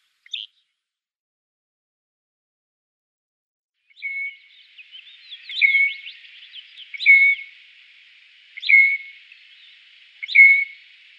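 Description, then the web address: Southern Grey Shrike song: after a short note and a long pause, a continuous soft chattering warble broken by louder whistled, slurred notes roughly every one and a half seconds. "Schulze Peter Southern Grey Shrike song"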